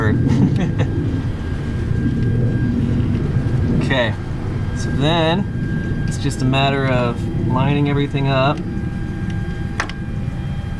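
A new distributor for an EG Civic is handled and lined up by its drive spline against the engine cylinder head, ready to be pushed in until its O-rings let it pop into place. Someone talks over a steady low background hum, with a brief sharp sound near 9.8 s. Nothing has seated or clicked into place yet.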